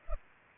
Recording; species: mosquito wingbeat signal from an infrared sensor; Culex pipiens